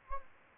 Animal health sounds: mosquito wingbeat signal from an infrared sensor; Anopheles gambiae

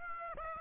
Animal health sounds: mosquito wingbeat signal from an infrared sensor; Aedes aegypti

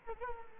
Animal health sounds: mosquito wingbeat signal from an infrared sensor; Culex quinquefasciatus

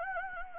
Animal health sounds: mosquito wingbeat signal from an infrared sensor; Anopheles gambiae

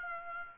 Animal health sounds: mosquito wingbeat signal from an infrared sensor; Aedes aegypti

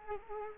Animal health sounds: mosquito wingbeat signal from an infrared sensor; Culex quinquefasciatus

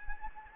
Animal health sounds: mosquito wingbeat signal from an infrared sensor; Anopheles gambiae

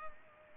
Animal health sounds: mosquito wingbeat signal from an infrared sensor; Culex pipiens

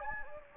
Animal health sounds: mosquito wingbeat signal from an infrared sensor; Anopheles gambiae

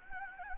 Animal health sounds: mosquito wingbeat signal from an infrared sensor; Anopheles gambiae

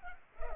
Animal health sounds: mosquito wingbeat signal from an infrared sensor; Culex pipiens

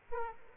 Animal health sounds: mosquito wingbeat signal from an infrared sensor; Aedes aegypti

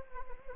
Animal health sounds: mosquito wingbeat signal from an infrared sensor; Anopheles arabiensis

